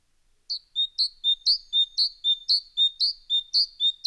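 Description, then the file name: Great tit song after a brief quiet start: a bright see-sawing pair of notes, high then low, repeated quickly and evenly to the end. "Musvit"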